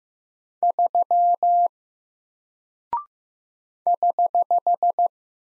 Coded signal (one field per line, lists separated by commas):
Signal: Morse code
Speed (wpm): 15 wpm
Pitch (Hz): 700 Hz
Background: none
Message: 3 <HH>